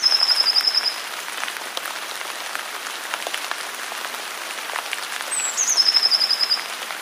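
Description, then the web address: Eurasian blue tit call: a short trill at the start, then high thin notes sliding down into a rapid trill near the end, with rain-like background noise. "wroblowe teka modraszkoteka"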